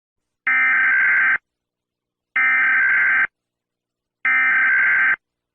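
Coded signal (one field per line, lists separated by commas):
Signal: Emergency Alert System (SAME) tones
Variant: header bursts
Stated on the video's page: Fictional EAS scenario made for fun, not a real alert.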